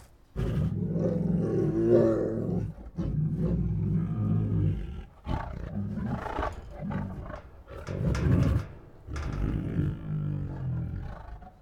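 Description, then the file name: Tiger growling, deep rough rumbles in several long bursts separated by short pauses. Two tigers making deep defiant growls. "Two Tigers Make Deep Defiant Growls [Sound Ideas]"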